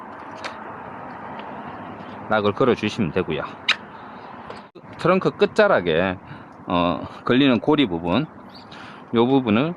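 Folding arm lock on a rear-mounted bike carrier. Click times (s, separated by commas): 0.5 s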